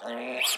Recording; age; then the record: pig call; piglet (1 to 25 days)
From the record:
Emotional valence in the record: negative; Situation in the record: restrain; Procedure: in the arms of a person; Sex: male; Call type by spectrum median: high-frequency call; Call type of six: mixed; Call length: 0.58 s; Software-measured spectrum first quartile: 1942 Hz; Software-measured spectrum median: 3341 Hz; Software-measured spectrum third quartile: 6656 Hz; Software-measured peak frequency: 615 Hz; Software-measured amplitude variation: 102 dB a second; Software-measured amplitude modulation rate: 21.4 a second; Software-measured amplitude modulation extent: 4.8 dB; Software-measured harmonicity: 3.4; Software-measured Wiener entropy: -3.56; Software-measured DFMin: 863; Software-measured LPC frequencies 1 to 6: 640, 1411, 2499, 3251, 4745, 7383 Hz